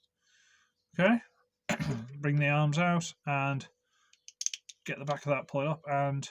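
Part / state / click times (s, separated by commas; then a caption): back panel of a transforming robot figure locking into the torso / not seated / none. Someone talks while transforming a plastic toy robot figure, bringing the arms out and folding the back section point up toward the torso. A short cluster of light handling taps and rattles comes between phrases, around 4.1 to 4.7 seconds. The back panel has not yet clicked or locked into the torso by the end of the clip.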